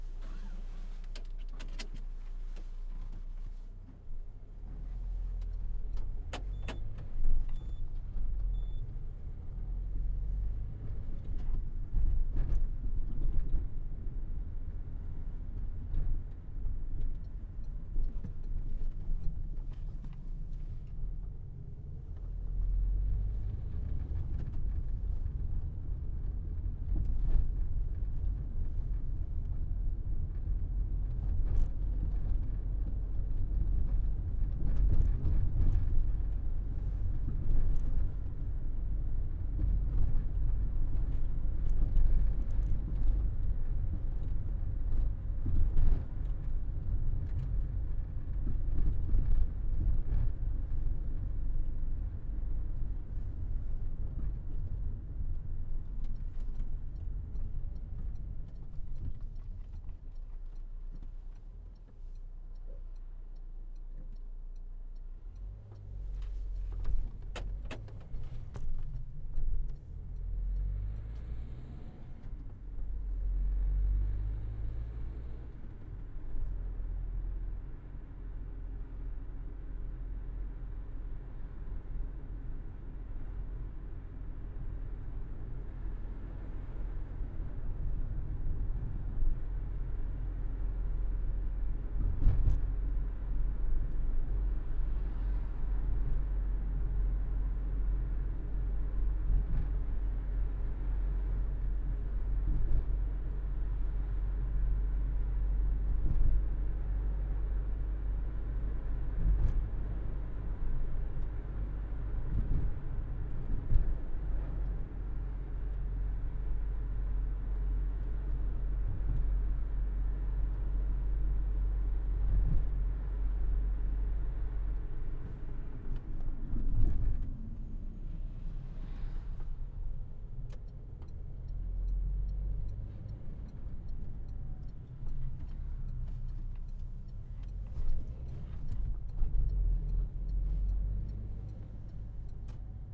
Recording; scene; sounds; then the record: everyday scene through a hearing-aid microphone; in a vehicle; engine, other noises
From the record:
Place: Berlingo II, diesel engine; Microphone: behind the ear, right, front